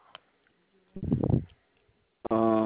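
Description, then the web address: Koala bellowing: a rough, pulsing low snort lasting about half a second, a short pause, then a loud, steady, droning tone rich in harmonics. Recorded 28 February 2021. "Koala CS HMCrecordings 2 28 2021"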